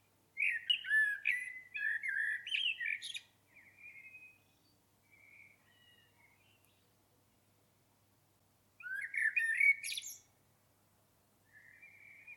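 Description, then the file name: Common blackbird sings two bursts of loud, fluty warbling with squeaky endings, each followed by softer, quieter whistled phrases. "Turdus merula"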